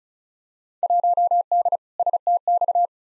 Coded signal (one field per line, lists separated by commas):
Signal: Morse code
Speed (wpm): 34 wpm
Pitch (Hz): 700 Hz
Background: none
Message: 1D STX